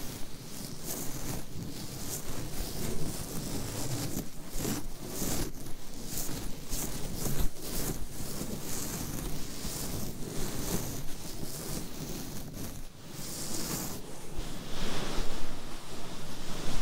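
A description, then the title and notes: Long nails scratch directly on a microphone, making dense, close, rough scraping that runs without pause for the whole stretch. The strokes come in quick irregular bursts with bright hissy edges and a heavy low rumble underneath, swelling louder near the end. ASMR Mic Scratching - Brain Scratching Hypnotic Asmr No Talking for Sleep with Long Nails.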